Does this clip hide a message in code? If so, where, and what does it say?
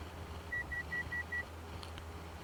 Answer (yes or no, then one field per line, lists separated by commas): no